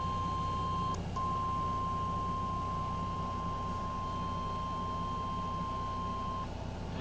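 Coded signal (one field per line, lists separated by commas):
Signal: Emergency Alert System (SAME) tones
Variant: 1050 Hz attention tone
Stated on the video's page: Severe thunderstorm warning EAS alert aired on radio station WABE-FM.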